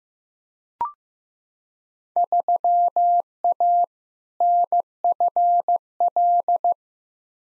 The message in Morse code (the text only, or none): 3A NFL